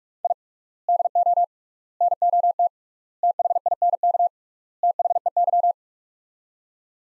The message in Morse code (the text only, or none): I DO NOT THINK THEY